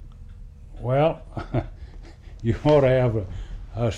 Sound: laughs